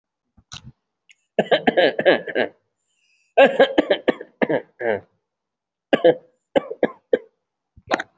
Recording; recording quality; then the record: shallow voluntary cough; excellent, no background noise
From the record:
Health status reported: respiratory illness, not identified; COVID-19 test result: not tested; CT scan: not taken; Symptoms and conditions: breathing difficulty, muscle pain, asthma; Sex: male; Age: 43 years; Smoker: no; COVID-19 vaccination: one dose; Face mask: worn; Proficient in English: yes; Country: India